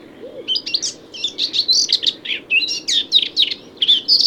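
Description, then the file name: Eurasian blackcap warbling song, a fast jumble of varied chirpy and fluty notes running almost continuously for about four seconds, with a low steady background hum. "Sylvia atricapilla"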